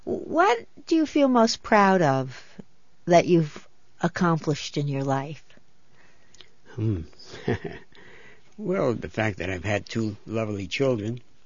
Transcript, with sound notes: What do you feel most proud of that you've accomplished in your life? ( he laughs )
Well, the fact that I've had two lovely children